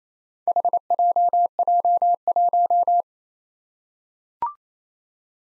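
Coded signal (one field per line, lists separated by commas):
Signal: Morse code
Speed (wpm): 27 wpm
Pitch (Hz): 700 Hz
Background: none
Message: HJJ1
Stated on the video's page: Morse drill at 28 wpm of four-character combinations of confusable letters and numbers, sent, spoken, then sent again.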